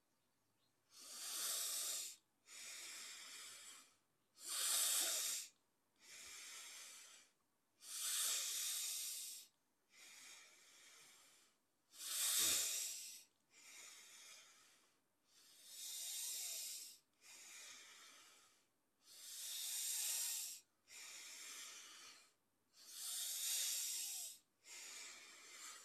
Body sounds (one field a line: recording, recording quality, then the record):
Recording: deep breathing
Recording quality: excellent, no background noise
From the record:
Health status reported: healthy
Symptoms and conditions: none ticked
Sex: male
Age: 31 years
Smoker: not ticked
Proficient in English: yes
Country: India